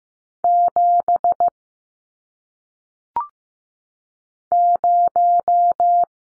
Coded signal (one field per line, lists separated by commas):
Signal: Morse code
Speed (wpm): 15 wpm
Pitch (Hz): 700 Hz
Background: none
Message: 7 0